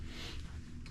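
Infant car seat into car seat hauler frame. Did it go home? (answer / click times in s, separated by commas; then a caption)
no / none. An infant car seat is handled onto a small wheeled car-seat hauler, a hand-truck-like frame, over a steady low rumble, with two brief handling knocks near the end at about 0.9 seconds. Nothing has seated or clicked into the hauler yet.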